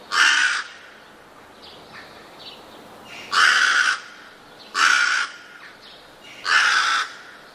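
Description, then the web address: Rook giving several rough, croaking caws at uneven intervals, with faint, softer calls between them. "wroblowe ptaki gawron"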